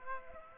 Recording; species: mosquito wingbeat signal from an infrared sensor; Aedes aegypti